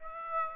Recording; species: mosquito wingbeat signal from an infrared sensor; Aedes aegypti